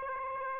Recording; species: mosquito wingbeat signal from an infrared sensor; Aedes aegypti